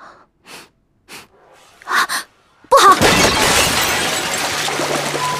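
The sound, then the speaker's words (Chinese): A few short, soft sniffs give way to a sudden loud crash as eight water vats shatter at once in a dark courtyard and bare-chested men burst out of them, the burst of breaking lingering as a dense, noisy roar to the end. “话音刚落，便有8个水缸同时炸裂开来，8个赤裸着上身的魁梧汉子从里面冲了出来，同时一股恶臭在院中弥漫开来。”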